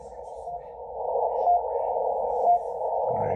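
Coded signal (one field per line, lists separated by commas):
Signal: radio time signal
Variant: RWM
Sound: hissy shortwave noise with three short high beeps, one each second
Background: radio static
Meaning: Each short pip marks one second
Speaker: the other frequency to shoot for is 9996 there you go pretty strong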